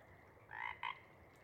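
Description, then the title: Pacific chorus frog giving one two-part ribbit, a longer raspy note then a short clipped second note, over quiet background hiss. Chorus at a pond in pre-morning twilight as late night wanes; temperature torpor sets in, individuals leave to hunt; full chorus breaks into waves circling the pond, then staccato sections tapering away. "Chorus Frogs, Chorus Waxes and Wanes, pre-morning-twilight"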